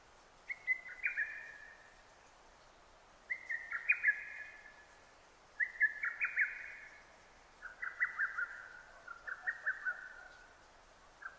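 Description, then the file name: Lesser cuckoo song, repeated phrases of fast, sharp, squeaky notes over soft background hiss. Recorded 6 June 2009. "hototogisu 20090606"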